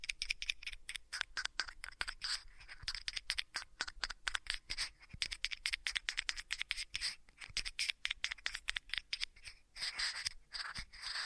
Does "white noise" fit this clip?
no